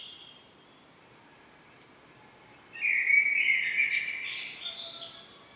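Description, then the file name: Common blackbird, one song phrase after near-silence: a rich, low warble that breaks into a high thin twitter at its end. "Turdus merula"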